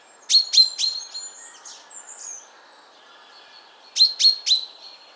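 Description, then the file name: Common chaffinch sharp calls in quick clusters of three, heard twice, with softer warbled notes in between. "Fringilla coelebs"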